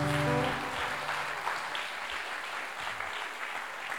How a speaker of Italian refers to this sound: vogliamo fare un applauso, è bravissimo.